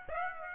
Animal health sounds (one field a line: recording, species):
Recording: mosquito wingbeat signal from an infrared sensor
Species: Aedes aegypti